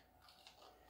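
An arrow's plastic nock is pressed onto the string of a 50 lb recurve bow, white feather turned toward the archer, until it snaps on. Over a faint, steady scraping hiss, a short, sharp click sounds at 0.5 s. The nock is seated on the bowstring.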